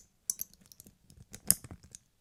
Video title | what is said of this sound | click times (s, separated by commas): GOOD INVESTMENT??? | Yeah. So, you hear the little sound. That's the little click. That means it's it's fastened | 1.5 s